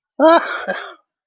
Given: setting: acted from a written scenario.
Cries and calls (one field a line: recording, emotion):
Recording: vocal sound without words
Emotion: positive surprise